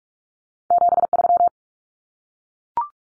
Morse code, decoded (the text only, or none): 73